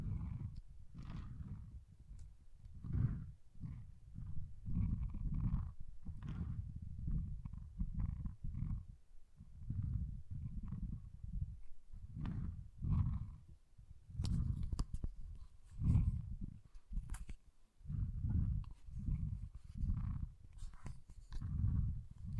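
Deep water beads shift and roll in a steady series of low, rumbling surges, each lasting about a second and following one another almost without pause. Brief brighter clicks and ticks sit above the rumble, with a few sharper ones between fourteen and eighteen seconds.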